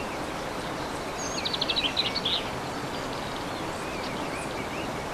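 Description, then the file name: Bird song: a quick, rattling trill of high notes in the middle, with fainter chirps and soft whistles afterwards against continuous background noise. Birdsong recorded 15 March 2014 on an MZ-N710 recorder. "MZ-N 710 Chants d oiseaux 15 03 14"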